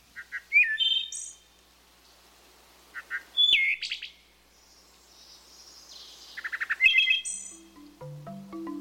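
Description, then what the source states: Wood Thrush singing flutelike phrases: soft introductory notes, then clear whistled tones and a high ringing trill, repeated with pauses; low tones enter near the end. Official bird of the District of Columbia; described as a shy bird of forest shadows with a voice approaching high art.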